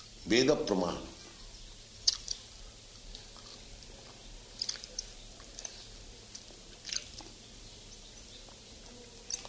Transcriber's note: Prabhupāda is eating